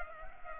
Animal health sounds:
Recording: mosquito wingbeat signal from an infrared sensor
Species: Culex pipiens

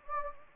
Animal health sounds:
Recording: mosquito wingbeat signal from an infrared sensor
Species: Anopheles gambiae

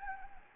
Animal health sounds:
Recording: mosquito wingbeat signal from an infrared sensor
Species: Anopheles gambiae

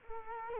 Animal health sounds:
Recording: mosquito wingbeat signal from an infrared sensor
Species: Culex quinquefasciatus

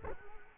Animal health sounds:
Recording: mosquito wingbeat signal from an infrared sensor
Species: Culex quinquefasciatus

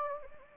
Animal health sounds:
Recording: mosquito wingbeat signal from an infrared sensor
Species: Anopheles gambiae

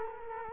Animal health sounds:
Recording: mosquito wingbeat signal from an infrared sensor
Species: Culex quinquefasciatus

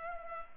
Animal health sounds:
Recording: mosquito wingbeat signal from an infrared sensor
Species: Culex pipiens

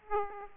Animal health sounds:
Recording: mosquito wingbeat signal from an infrared sensor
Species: Aedes aegypti

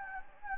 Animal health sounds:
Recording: mosquito wingbeat signal from an infrared sensor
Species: Anopheles gambiae

